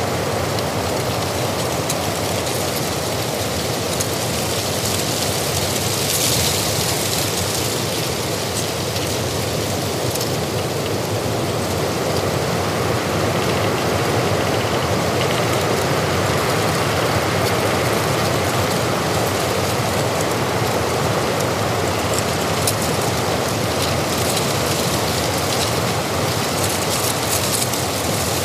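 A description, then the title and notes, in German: Wind on the Hochgern blows in a steady, dense rush that fills the whole clip without pause. The roar is full from low to bright, with slight swells and brief gusty flares around six seconds and again near twenty-three seconds. Natur - Wind am Hochgern.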